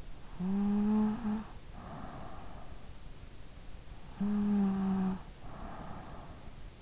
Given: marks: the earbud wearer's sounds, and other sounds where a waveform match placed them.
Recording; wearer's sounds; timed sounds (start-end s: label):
sounds in sleep by an in-ear microphone; snoring breath
0.12-2.84 s: snoring breath
4.00-6.43 s: snoring breath